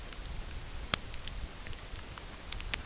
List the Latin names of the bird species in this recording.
none